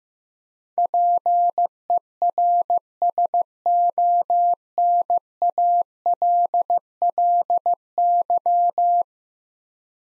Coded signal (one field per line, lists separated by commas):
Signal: Morse code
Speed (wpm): 16 wpm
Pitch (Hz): 700 Hz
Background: none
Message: PERSONALLY